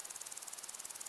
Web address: beanstalk-audio Crickets and insects in windy long grass